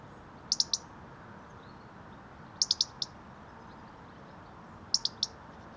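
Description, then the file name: European robin giving sharp, high ticking calls in three quick bursts of about three ticks each, spaced roughly two seconds apart, over a steady low background hiss. "Erithacus rubecula"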